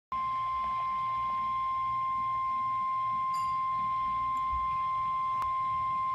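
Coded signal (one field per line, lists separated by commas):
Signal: Emergency Alert System (SAME) tones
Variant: 1050 Hz attention tone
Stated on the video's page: NOAA weather radio flash flood warning from the Tucson, Arizona weather service.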